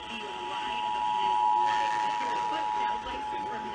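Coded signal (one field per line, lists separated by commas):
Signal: Emergency Alert System (SAME) tones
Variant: 853 and 960 Hz attention tone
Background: speech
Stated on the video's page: Required Monthly Tests caught off the air.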